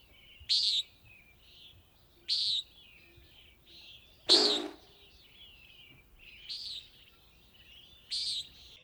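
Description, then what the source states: Common nighthawk calling with harsh buzzy peents repeated every couple of seconds, one louder burst midway, and soft twittering birds in the background. Played as the show's mystery sound; a bird of dawn and dusk, not related to hawks.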